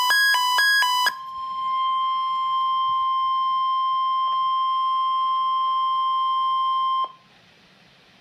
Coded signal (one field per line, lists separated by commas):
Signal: Emergency Alert System (SAME) tones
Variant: 1050 Hz attention tone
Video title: Eas 13 Required Weekly Test